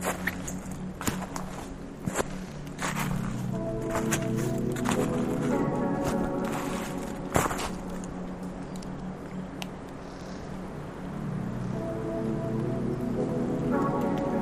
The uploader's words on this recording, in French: H1000 de Patrick Avakian propose, micro en main, une randonnée acoustique en montagne. Les sons apaisants et oniriques de la montagne. On vous a mis Pyrénées et Québec au menu, neige à volonté.